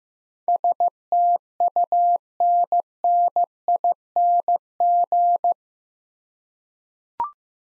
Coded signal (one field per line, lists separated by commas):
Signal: Morse code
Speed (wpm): 15 wpm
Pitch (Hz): 700 Hz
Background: none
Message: STUNNING